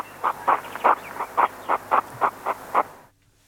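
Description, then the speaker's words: European hedgehog making a rapid series of pulsed huffing snorts, ending abruptly. Male hedgehog courting a female. "Det här är en igelkottshane som uppvaktar en hona."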